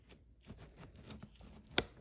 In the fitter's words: there we go little click